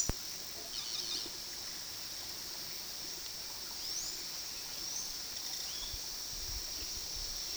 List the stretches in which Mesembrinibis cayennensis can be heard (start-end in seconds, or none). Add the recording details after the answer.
none. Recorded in pastures near Puerto Asís, Putumayo, Colombia, on 18 February 2024 at 11:00. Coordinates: 0.468, -76.328. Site G6414